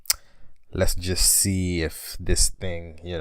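A slide-on battery pack is unlatched and removed from a cordless drill, giving a single sharp, loud click at 0.1 s. Someone then talks. The battery pack is released and out of the drill.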